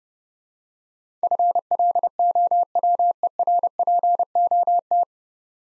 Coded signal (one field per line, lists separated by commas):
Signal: Morse code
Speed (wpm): 30 wpm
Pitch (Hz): 700 Hz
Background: none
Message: FLOWERPOT